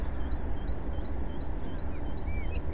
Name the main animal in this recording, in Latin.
Parus major